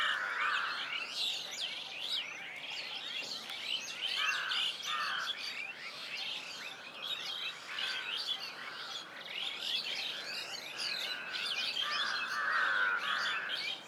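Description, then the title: Birds chirping in a busy chorus, quick rising and falling notes overlapping continuously, over steady background noise. Birds at medium distance in a village ambience. "GameAudioGDC. AMBIENCE Birds Medium Distant Village and People"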